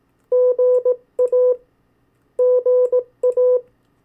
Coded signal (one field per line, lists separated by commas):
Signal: Morse code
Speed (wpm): 18 wpm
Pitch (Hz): 500 Hz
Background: none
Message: GA GA